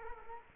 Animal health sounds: mosquito wingbeat signal from an infrared sensor; Culex quinquefasciatus

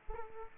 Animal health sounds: mosquito wingbeat signal from an infrared sensor; Aedes aegypti

